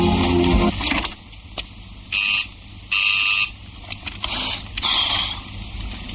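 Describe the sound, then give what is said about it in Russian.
A harsh electric door buzzer sounds in several short bursts of uneven length, a loud initial blast followed by shorter rings with brief pauses between them, no voices. “Слезает с велотренажера, идет открывать дверь.”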